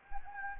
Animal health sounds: mosquito wingbeat signal from an infrared sensor; Anopheles gambiae

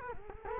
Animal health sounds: mosquito wingbeat signal from an infrared sensor; Culex quinquefasciatus

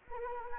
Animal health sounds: mosquito wingbeat signal from an infrared sensor; Anopheles arabiensis

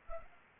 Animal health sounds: mosquito wingbeat signal from an infrared sensor; Anopheles arabiensis

